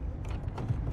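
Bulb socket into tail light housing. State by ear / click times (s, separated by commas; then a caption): not seated / none. A bulb socket is being handled and lined up in the tail light housing of a 2010–2012 Ford Fusion, to be twisted until it clicks so it sits solid and won't wiggle. Over a low, steady background, two brief, sharp handling sounds occur at about 0.3 and 0.6 seconds. Nothing has seated or clicked yet.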